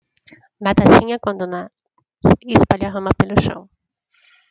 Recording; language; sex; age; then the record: short text; Brazilian Portuguese; female; 40 to 49 years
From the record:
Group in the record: control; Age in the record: 41 years